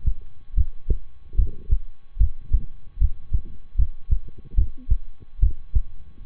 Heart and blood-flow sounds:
heart sounds by stethoscope; between the tricuspid and mitral areas; 74 bpm
0.53 s: heartbeat
1.35 s: heartbeat
2.17 s: heartbeat
2.97 s: heartbeat
3.75 s: heartbeat
4.54 s: heartbeat
5.39 s: heartbeat
From the record:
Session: rest, lying down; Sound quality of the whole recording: good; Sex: male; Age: 23 years

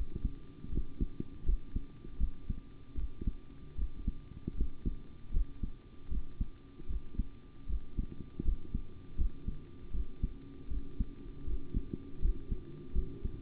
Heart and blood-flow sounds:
heart sounds by stethoscope; between the tricuspid and mitral areas; 78 bpm
0.70 s: heartbeat
1.44 s: heartbeat
2.18 s: heartbeat
2.95 s: heartbeat
3.76 s: heartbeat
4.55 s: heartbeat
5.31 s: heartbeat
6.09 s: heartbeat
6.87 s: heartbeat
7.67 s: heartbeat
8.43 s: heartbeat
9.16 s: heartbeat
9.91 s: heartbeat
10.68 s: heartbeat
11.45 s: heartbeat
12.20 s: heartbeat
12.93 s: heartbeat
From the record:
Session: rest, sitting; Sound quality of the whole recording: good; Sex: male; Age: 25 years

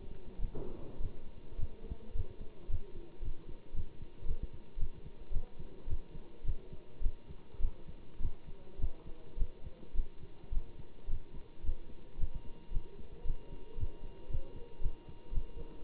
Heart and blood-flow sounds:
heart sounds by stethoscope; between the tricuspid and mitral areas; 109 bpm
0.38 s: heartbeat
0.99 s: heartbeat
1.57 s: heartbeat
2.14 s: heartbeat
2.68 s: heartbeat
3.21 s: heartbeat
3.73 s: heartbeat
4.25 s: heartbeat
4.77 s: heartbeat
5.31 s: heartbeat
5.86 s: heartbeat
6.43 s: heartbeat
7.01 s: heartbeat
7.59 s: heartbeat
8.19 s: heartbeat
8.78 s: heartbeat
9.36 s: heartbeat
9.94 s: heartbeat
10.51 s: heartbeat
11.07 s: heartbeat
11.62 s: heartbeat
12.17 s: heartbeat
12.71 s: heartbeat
13.24 s: heartbeat
13.76 s: heartbeat
14.28 s: heartbeat
14.80 s: heartbeat
15.32 s: heartbeat
15.83 s: heartbeat
From the record:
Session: Bruce protocol treadmill stress test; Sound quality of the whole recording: good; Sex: male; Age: 25 years

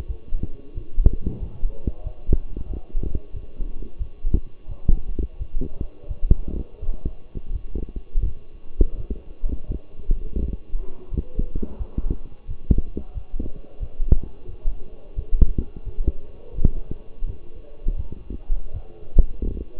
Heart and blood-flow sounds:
heart sounds by stethoscope; between the tricuspid and mitral areas; 87 bpm
0.07 s: heartbeat
0.74 s: heartbeat
1.39 s: heartbeat
2.03 s: heartbeat
2.68 s: heartbeat
3.33 s: heartbeat
3.98 s: heartbeat
4.68 s: heartbeat
5.38 s: heartbeat
6.08 s: heartbeat
6.80 s: heartbeat
7.52 s: heartbeat
8.24 s: heartbeat
8.96 s: heartbeat
9.67 s: heartbeat
10.38 s: heartbeat
11.10 s: heartbeat
11.78 s: heartbeat
12.47 s: heartbeat
13.14 s: heartbeat
13.79 s: heartbeat
14.47 s: heartbeat
15.15 s: heartbeat
15.85 s: heartbeat
16.55 s: heartbeat
17.25 s: heartbeat
17.96 s: heartbeat
18.72 s: heartbeat
19.46 s: heartbeat
From the record:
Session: walking at 3.7 km/h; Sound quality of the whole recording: partially saturated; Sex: male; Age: 24 years

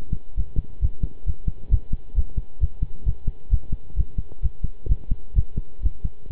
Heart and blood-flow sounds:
heart sounds by stethoscope; between the tricuspid and mitral areas; 131 bpm
0.37 s: heartbeat
0.82 s: heartbeat
1.26 s: heartbeat
1.71 s: heartbeat
2.16 s: heartbeat
2.61 s: heartbeat
3.06 s: heartbeat
3.51 s: heartbeat
3.96 s: heartbeat
4.42 s: heartbeat
4.89 s: heartbeat
5.36 s: heartbeat
5.83 s: heartbeat
6.30 s: heartbeat
From the record:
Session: pedaling a stationary bicycle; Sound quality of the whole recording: good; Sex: male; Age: 23 years

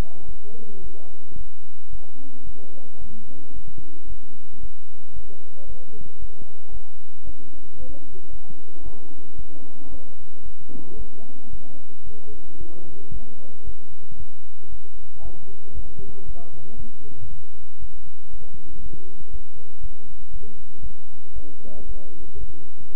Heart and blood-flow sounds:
heart sounds by stethoscope; between the tricuspid and mitral areas; 114 bpm
0.26 s: heartbeat
0.82 s: heartbeat
1.36 s: heartbeat
1.90 s: heartbeat
2.44 s: heartbeat
2.99 s: heartbeat
3.54 s: heartbeat
4.07 s: heartbeat
4.61 s: heartbeat
5.14 s: heartbeat
5.67 s: heartbeat
6.20 s: heartbeat
6.72 s: heartbeat
7.25 s: heartbeat
7.78 s: heartbeat
8.31 s: heartbeat
8.83 s: heartbeat
9.36 s: heartbeat
9.89 s: heartbeat
10.43 s: heartbeat
10.97 s: heartbeat
11.50 s: heartbeat
12.04 s: heartbeat
12.58 s: heartbeat
13.12 s: heartbeat
13.64 s: heartbeat
14.17 s: heartbeat
14.70 s: heartbeat
15.23 s: heartbeat
15.75 s: heartbeat
16.26 s: heartbeat
16.77 s: heartbeat
17.28 s: heartbeat
17.80 s: heartbeat
18.31 s: heartbeat
18.81 s: heartbeat
19.31 s: heartbeat
19.81 s: heartbeat
20.31 s: heartbeat
20.82 s: heartbeat
21.34 s: heartbeat
21.86 s: heartbeat
22.39 s: heartbeat
22.92 s: heartbeat
From the record:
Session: bicycle stress test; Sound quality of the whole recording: good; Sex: male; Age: 23 years

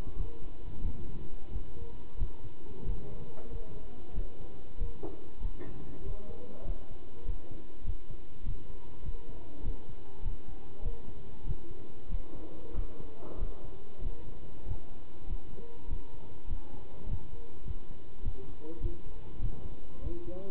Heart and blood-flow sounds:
heart sounds by stethoscope; between the tricuspid and mitral areas; 97 bpm
0.17 s: heartbeat
0.82 s: heartbeat
1.51 s: heartbeat
2.18 s: heartbeat
2.86 s: heartbeat
3.51 s: heartbeat
4.15 s: heartbeat
4.78 s: heartbeat
5.41 s: heartbeat
6.03 s: heartbeat
6.65 s: heartbeat
7.26 s: heartbeat
7.85 s: heartbeat
8.44 s: heartbeat
9.03 s: heartbeat
9.63 s: heartbeat
10.23 s: heartbeat
10.83 s: heartbeat
11.45 s: heartbeat
12.10 s: heartbeat
12.75 s: heartbeat
13.39 s: heartbeat
14.02 s: heartbeat
14.66 s: heartbeat
15.28 s: heartbeat
15.88 s: heartbeat
16.48 s: heartbeat
17.07 s: heartbeat
17.65 s: heartbeat
18.23 s: heartbeat
18.81 s: heartbeat
19.40 s: heartbeat
20.02 s: heartbeat
From the record:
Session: pedaling a stationary bicycle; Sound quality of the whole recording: good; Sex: male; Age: 27 years

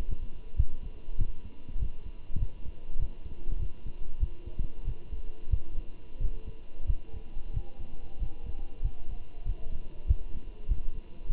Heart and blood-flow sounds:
heart sounds by stethoscope; between the tricuspid and mitral areas; 95 bpm
0.57 s: heartbeat
1.19 s: heartbeat
1.79 s: heartbeat
2.39 s: heartbeat
2.99 s: heartbeat
3.60 s: heartbeat
4.21 s: heartbeat
4.86 s: heartbeat
5.51 s: heartbeat
6.21 s: heartbeat
6.87 s: heartbeat
7.54 s: heartbeat
8.20 s: heartbeat
8.83 s: heartbeat
9.46 s: heartbeat
10.08 s: heartbeat
10.69 s: heartbeat
11.30 s: heartbeat
From the record:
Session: walking at 3.7 km/h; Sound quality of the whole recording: good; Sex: male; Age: 23 years

